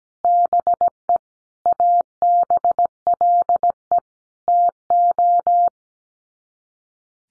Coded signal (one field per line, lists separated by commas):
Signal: Morse code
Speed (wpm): 17 wpm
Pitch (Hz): 700 Hz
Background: none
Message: BE ABLE TO